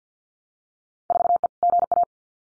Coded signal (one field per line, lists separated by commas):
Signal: Morse code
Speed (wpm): 50 wpm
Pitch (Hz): 700 Hz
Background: none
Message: 4E GA